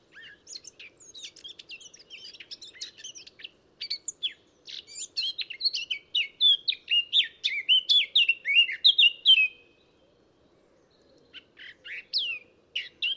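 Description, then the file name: Eurasian blackcap song: a quiet scratchy twitter for several seconds, swelling into loud, clear fluted phrases, then a brief pause and a few more high notes. "Sylvia atricapilla"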